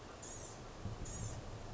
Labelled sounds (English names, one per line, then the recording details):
Blue-gray Gnatcatcher
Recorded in Sonoma County, California